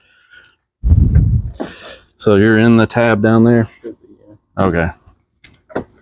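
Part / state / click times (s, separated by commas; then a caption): headlight housing lower clip into body tab hole / seated / 5.4 s, 5.8 s. A headlight housing on a 2005 F-150 truck is tilted and pushed straight in so its lower plastic clip enters the tab hole on the truck body, while someone talks. Sharp clicks at 5.4 s and 5.8 s mark the clip seating into the tab hole.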